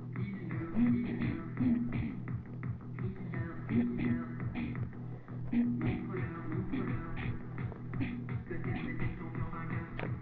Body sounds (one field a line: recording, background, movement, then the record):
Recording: throat clearing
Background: music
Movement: sitting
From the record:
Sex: female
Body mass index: 22.6 kg/m2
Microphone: on the chest, facing the body